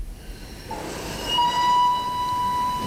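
The Vienna express train rumbles steadily as it departs a railway station, and after about a second a sustained high, thin tone like a whistle or squealing wheels rings out over the broad, noisy rolling sound.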